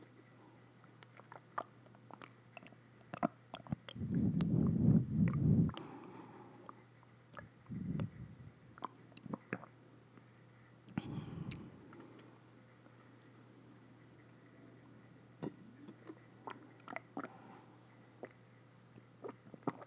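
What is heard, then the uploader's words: Someone drinks water, with a loud run of gulps and swallowing around five seconds and softer swallows near eight and eleven seconds. Small wet clicks and mouth sounds dot the rest, over a faint low steady hum. Drinking Water Sounds.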